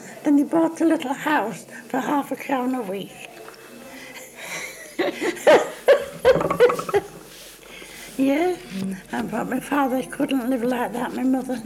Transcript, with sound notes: And they bought a little house for half a crown a week. [laughs] Yes. I thought my father couldn't live like that, my mother.